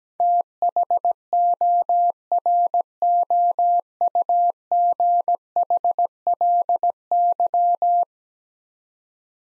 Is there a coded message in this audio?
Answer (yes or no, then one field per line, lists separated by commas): yes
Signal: Morse code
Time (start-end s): 0.2-8.0 s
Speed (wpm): 17 wpm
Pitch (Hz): 700 Hz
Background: none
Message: THOROUGHLY